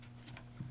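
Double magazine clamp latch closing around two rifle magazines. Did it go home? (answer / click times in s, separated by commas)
yes / 0.4 s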